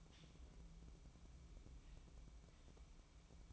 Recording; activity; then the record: daily activity, microphone in the room; take from stove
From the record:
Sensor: 1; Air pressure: 1008.2 hPa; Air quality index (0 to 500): 137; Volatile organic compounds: 2 ppm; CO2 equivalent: 1149 ppm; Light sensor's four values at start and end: 8/19/7/8 and 8/19/7/8